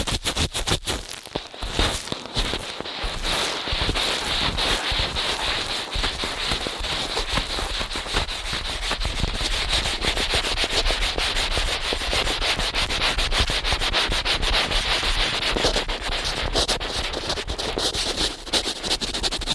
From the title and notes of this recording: ASMR Ear Cleaning at Helicopter Speed.